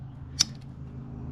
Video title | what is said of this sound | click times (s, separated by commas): 2015-2024 Indian scout bobber OEM heated grips install. | with this little quick fitting and listen for the click. And | 0.4 s